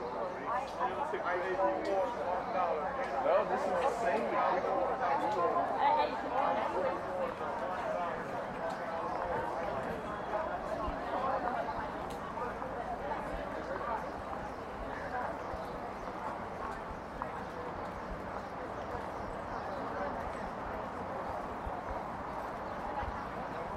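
In Lafayette Square near the White House, a steady, dense crowd chatter continues throughout, slightly louder in the first seven seconds, with occasional footsteps.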